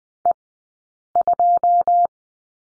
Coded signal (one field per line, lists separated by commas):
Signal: Morse code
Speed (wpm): 20 wpm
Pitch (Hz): 700 Hz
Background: none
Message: E2